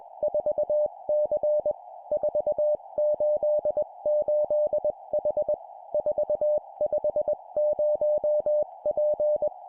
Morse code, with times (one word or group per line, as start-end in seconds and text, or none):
0.2-1.7 4C
2.1-5.5 488H
5.9-9.5 450P